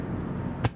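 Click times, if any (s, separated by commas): 0.7 s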